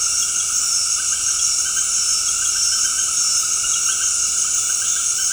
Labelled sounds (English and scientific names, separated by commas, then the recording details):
none
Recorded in dense forest near Puerto Asís, Putumayo, Colombia, on 21 February 2024 at 19:00
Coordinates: 0.485, -76.318
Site G6408